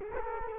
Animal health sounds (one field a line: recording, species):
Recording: mosquito wingbeat signal from an infrared sensor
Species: Culex quinquefasciatus